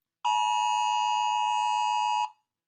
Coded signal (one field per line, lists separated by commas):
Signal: Emergency Alert System (SAME) tones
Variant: 853 and 960 Hz attention tone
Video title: Rating EAS Alarms